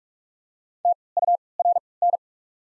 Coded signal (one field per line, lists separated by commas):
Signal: Morse code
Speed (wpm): 43 wpm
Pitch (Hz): 700 Hz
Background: none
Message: T U R N